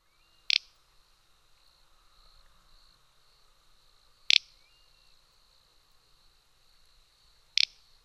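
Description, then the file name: Little bustard calls: short, dry, snorting bursts repeated about every three to four seconds over a steady high insect hum. "Tetrax tetrax"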